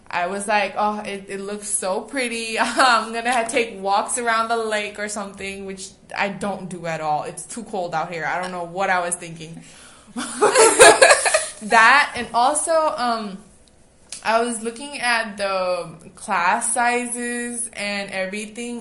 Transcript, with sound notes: I was like, oh, it looks so pretty, I'm gonna have to take walks around the lake or something, which I don't do at all. It's too cold out here. I don't know what I was thinking. [laugh] That and also, I was looking at the class sizes and everything.